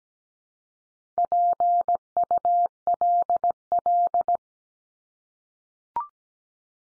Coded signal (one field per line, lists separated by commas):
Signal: Morse code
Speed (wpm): 17 wpm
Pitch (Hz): 700 Hz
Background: none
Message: PULL